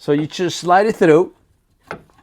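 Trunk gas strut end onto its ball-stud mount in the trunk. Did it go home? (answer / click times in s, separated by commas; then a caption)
yes / 1.9 s. On a BMW E93 convertible, a trunk gas strut end is slid through the trim cover and pushed onto its ball-stud mount in the trunk while someone talks. After a brief silence, a single sharp click at 1.9 s marks the strut end seating firmly on the mount.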